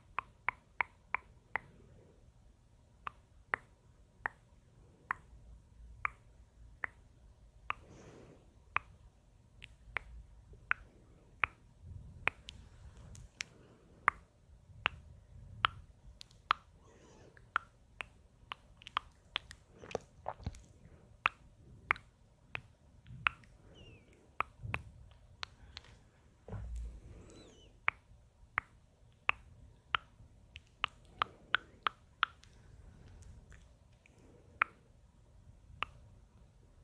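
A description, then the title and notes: Sharp tongue clicks pop out at irregular moments through the whole stretch, some in quick bunches, others spaced a second or two apart. Between them, soft low rustling from hand movements comes and goes. Hand movements. Tongue clicking.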